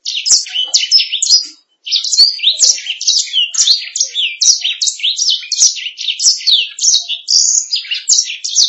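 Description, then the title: Canary producing an almost unbroken string of high, rapid chirps and slurred whistles, with one short pause early on. "BM Suara Kenari"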